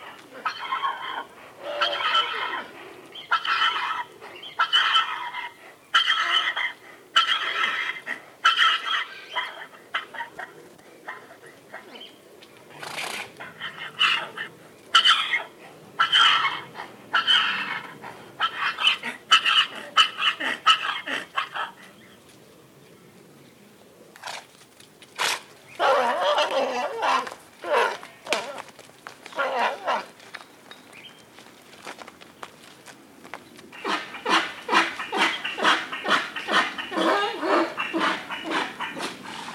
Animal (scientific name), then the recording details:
Equus hemionus. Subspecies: kulan. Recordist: Tembrock, Günter. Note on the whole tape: Stute: Abwehrlaute gegen Hengst, anfangs mit Auskeilen und zwei Hengste: Rufreihen